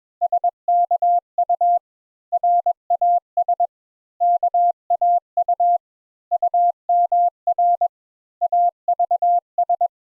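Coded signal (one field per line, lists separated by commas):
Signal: Morse code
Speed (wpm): 21 wpm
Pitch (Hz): 700 Hz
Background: none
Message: SKU RAS KAU UMR AVS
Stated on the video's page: Morse code introductory lesson teaching the letters A and N.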